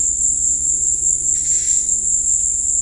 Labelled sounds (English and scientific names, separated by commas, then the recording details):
none
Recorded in dense forest near Puerto Asís, Putumayo, Colombia, on 19 February 2024 at 15:00
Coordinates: 0.472, -76.329
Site G6394